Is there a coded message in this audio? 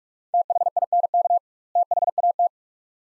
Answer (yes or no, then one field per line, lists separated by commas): yes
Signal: Morse code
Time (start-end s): 0.3-2.5 s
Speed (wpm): 45 wpm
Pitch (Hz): 700 Hz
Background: none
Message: THINK THAT